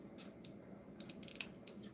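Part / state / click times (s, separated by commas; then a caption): plastic arm part going into a transforming robot toy's body / seated / 1.7 s. A plastic arm section of a transforming robot toy figure is fitted into the toy's body, with a few brief, sharp plastic handling ticks around 1.1 to 1.4 seconds. A crisp click at 1.7 seconds marks the joint seating in place.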